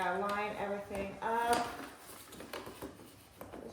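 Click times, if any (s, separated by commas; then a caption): none. Someone talks while lining up the plastic base legs with the bottom of the plastic body of a Dreo Tower Fan, to be turned until they twist-lock into place. Soft handling noise follows, with two brief sharp knocks near 2.5 s and 3.4 s, but nothing has seated or clicked yet.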